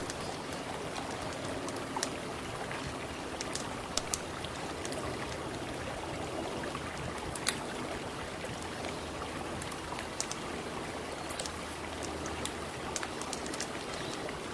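A riverside campsite with the steady rush of flowing water filling the whole scene, even and unbroken. Sharp little pops and crackles from the bonfire break through every second or so, a few louder snaps standing out near the start and middle.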